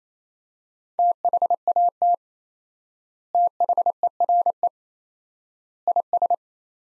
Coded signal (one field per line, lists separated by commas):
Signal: Morse code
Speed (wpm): 27 wpm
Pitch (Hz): 700 Hz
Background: none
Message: THAT THERE IS